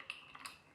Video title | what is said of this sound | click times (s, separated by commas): The Risinger Build: Episode 23 - Mechanical Finish: Controls & Commissioning | Press it in slightly and turn to the right. You'll hear the diffuser click into position. | 0.1 s